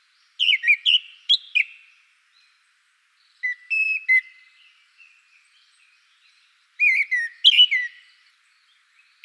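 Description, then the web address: Japanese thrush song: loud whistled phrases of quick notes in three bursts separated by silent pauses. Wild bird in Hokkaido, Japan. "Google Sounds Sound Matters. Japanese thrush in wild hokkaido"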